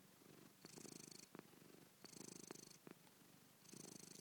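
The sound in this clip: Domestic cat purring: a soft, low, rumbling purr that swells in a few regular bursts.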